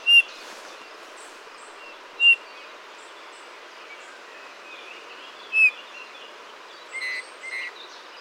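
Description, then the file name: Eurasian bullfinch giving soft, short piping whistles, three spaced notes a few seconds apart, with other faint bird chirps and a steady hiss in the background. "Pyrrhula pyrrhula"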